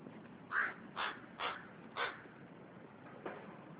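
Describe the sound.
Bird calling: four harsh, hoarse caw-like notes about half a second apart, then a fainter fifth after a pause, over a steady background hiss.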